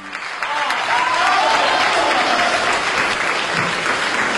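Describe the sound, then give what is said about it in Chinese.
An audience applauds Tianjin-style crosstalk (xiangsheng) performers Yin Xiaosheng, a dense wash of clapping that swells in after a brief softer start and holds at a loud, even level throughout. “感谢您掌声， 感谢感谢。”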